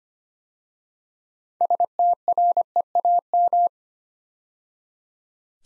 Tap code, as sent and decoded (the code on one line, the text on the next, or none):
none